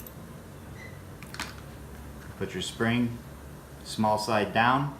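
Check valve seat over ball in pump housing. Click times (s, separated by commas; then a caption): 1.4 s. A plastic valve seat is pressed down by hand over the check ball in the pump housing of a catalyst pump during a major rebuild. A few small, sharp clicks come around 1.2 to 1.4 seconds, the strongest at 1.4 s as the seat clicks down and is seated over the ball. Someone then talks.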